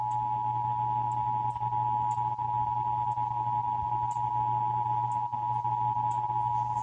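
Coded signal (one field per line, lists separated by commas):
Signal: Emergency Alert System (SAME) tones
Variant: 853 and 960 Hz attention tone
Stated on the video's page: Texas Required Monthly Test EAS alert as heard on several broadcast radio and TV stations.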